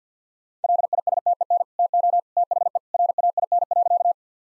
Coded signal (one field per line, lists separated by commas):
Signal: Morse code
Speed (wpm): 49 wpm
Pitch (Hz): 700 Hz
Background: none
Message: LISTEN TO THE RAIN.